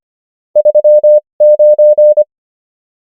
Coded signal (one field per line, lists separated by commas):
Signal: Morse code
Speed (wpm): 25 wpm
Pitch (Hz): 600 Hz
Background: none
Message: 39